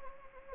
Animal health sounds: mosquito wingbeat signal from an infrared sensor; Anopheles gambiae

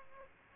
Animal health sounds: mosquito wingbeat signal from an infrared sensor; Aedes aegypti

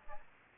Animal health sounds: mosquito wingbeat signal from an infrared sensor; Aedes albopictus

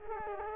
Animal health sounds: mosquito wingbeat signal from an infrared sensor; Culex quinquefasciatus

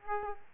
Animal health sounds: mosquito wingbeat signal from an infrared sensor; Aedes aegypti

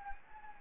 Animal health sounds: mosquito wingbeat signal from an infrared sensor; Anopheles gambiae

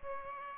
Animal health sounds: mosquito wingbeat signal from an infrared sensor; Aedes aegypti

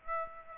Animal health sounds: mosquito wingbeat signal from an infrared sensor; Aedes aegypti

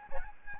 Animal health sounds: mosquito wingbeat signal from an infrared sensor; Aedes albopictus

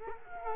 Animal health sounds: mosquito wingbeat signal from an infrared sensor; Culex quinquefasciatus

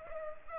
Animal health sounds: mosquito wingbeat signal from an infrared sensor; Culex pipiens

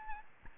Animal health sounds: mosquito wingbeat signal from an infrared sensor; Aedes albopictus

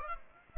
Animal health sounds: mosquito wingbeat signal from an infrared sensor; Aedes aegypti

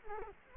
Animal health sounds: mosquito wingbeat signal from an infrared sensor; Culex quinquefasciatus

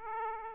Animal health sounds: mosquito wingbeat signal from an infrared sensor; Aedes aegypti

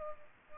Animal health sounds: mosquito wingbeat signal from an infrared sensor; Culex pipiens

